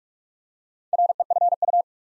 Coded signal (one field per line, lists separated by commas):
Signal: Morse code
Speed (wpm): 44 wpm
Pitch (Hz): 700 Hz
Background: none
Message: REFU